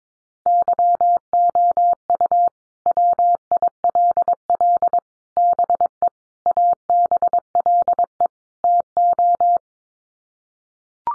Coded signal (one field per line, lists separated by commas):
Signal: Morse code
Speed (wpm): 22 wpm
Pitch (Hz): 700 Hz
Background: none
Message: YOU WILL BE ABLE TO